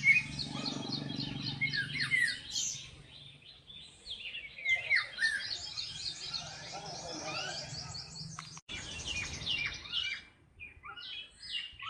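Bird song chorus of rapid repeated chirps and trills from several birds, with a low hum in the opening seconds and a brief dropout later on.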